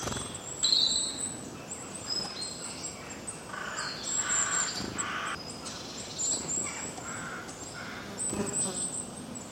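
Birds chirping, several high whistled notes overlapping, with a steady high hiss and some softer lower sounds in between.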